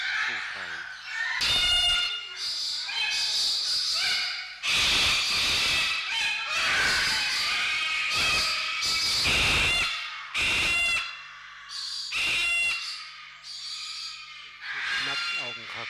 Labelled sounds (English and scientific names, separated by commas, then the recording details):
Eclectus Parrot (Eclectus roratus) call
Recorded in captivity
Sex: female
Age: adult
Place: Zoo Berlin, Berlin, DE
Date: 1995-03-04 11:03
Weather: heiter bis wolkig, 1 - 5 °C
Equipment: Marantz CP 130, Sennheiser ME 80, Kopie Uher Variocord 263
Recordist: Tembrock, Günter